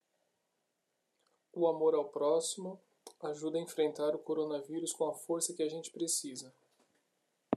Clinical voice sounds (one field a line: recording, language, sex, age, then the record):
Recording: spoken sentence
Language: Brazilian Portuguese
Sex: male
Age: 30 to 39 years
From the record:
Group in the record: control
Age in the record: 33 years